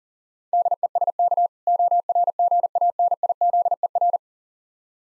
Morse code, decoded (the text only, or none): DESK ORGANIZER